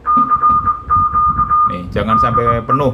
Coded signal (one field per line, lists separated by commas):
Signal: Morse code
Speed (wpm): 20 wpm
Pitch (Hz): 1220 Hz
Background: speech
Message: CQ DE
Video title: cara mudah seting CAT system radio Icom IC7300 ke FLdigi, N1MM & WSJTX